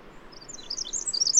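Bird song, high thin chirps and slurred whistles that start faint and grow louder toward the end, over a soft steady background hiss.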